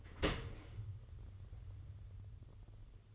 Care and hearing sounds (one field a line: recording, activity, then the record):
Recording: daily activity, microphone in the room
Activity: open dishwasher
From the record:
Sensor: 4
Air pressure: 1015.8 hPa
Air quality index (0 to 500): 92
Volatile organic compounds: 2 ppm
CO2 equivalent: 1022 ppm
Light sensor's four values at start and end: 9/19/7/7 and 9/19/7/7